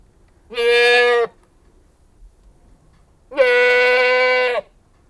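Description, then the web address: Anglo-Nubian goat giving two long, nasal, harmonic-rich bleats, the second longer at about a second and a quarter, with quiet pauses between. "The BBC Sound Effects Library. Livestock. Anglo-Nubian Goat Bleating"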